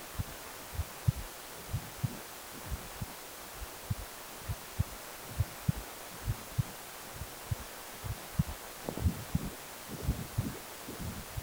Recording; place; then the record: Doppler ultrasound of blood flow; precordium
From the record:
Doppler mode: continuous wave and pulsed wave in the uncut recording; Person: healthy adult, 18 to 50 years, no heart murmur, not diving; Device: 2.5 MHz transducer